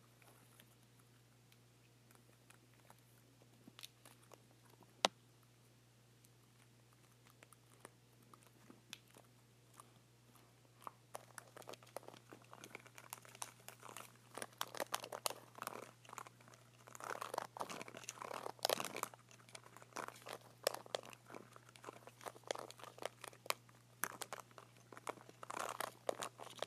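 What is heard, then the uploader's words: Remote buttons click and tap sporadically, quiet at first with one sharp press near five seconds, then busier, denser clicking over a steady low hum. ASMR Buttons on a Remote.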